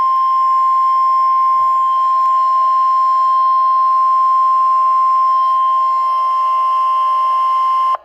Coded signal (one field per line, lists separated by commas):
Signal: Emergency Alert System (SAME) tones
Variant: 1050 Hz attention tone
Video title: EAS Alerts as of 3/30/2024 (EAS #150 - 159)